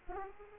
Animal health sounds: mosquito wingbeat signal from an infrared sensor; Aedes aegypti

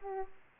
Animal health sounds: mosquito wingbeat signal from an infrared sensor; Aedes aegypti

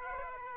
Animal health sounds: mosquito wingbeat signal from an infrared sensor; Aedes aegypti

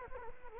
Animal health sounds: mosquito wingbeat signal from an infrared sensor; Culex quinquefasciatus

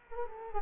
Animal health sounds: mosquito wingbeat signal from an infrared sensor; Culex quinquefasciatus

